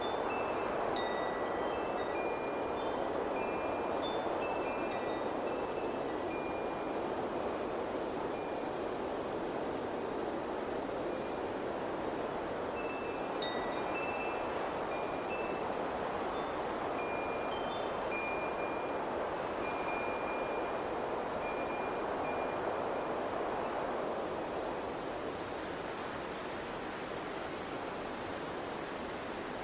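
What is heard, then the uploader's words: Wind chimes ring in scattered clusters of bright, high tones over a steady, dense rush of wind. The chimes are busiest in the first few seconds and again around the middle, then thin out as the wind softens slightly near the end. Wind Chimes + Windy Sounds.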